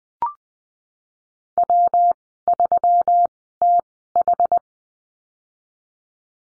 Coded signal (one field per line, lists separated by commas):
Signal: Morse code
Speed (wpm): 20 wpm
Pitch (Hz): 700 Hz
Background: none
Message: W3TH